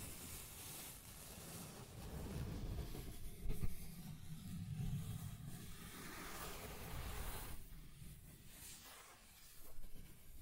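Continuous scratching and tracing sounds, a dense, rough rasp with low rumbling underneath, swelling slightly around four and ten seconds.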